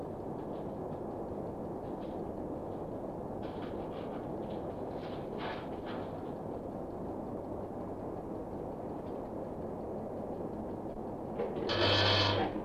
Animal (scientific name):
Vulpes vulpes